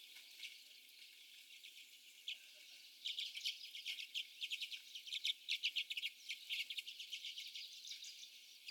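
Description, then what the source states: Common redpolls, sparse chips at first, then a livelier run of rapid dry twittering calls from about the third second onward. Several birds.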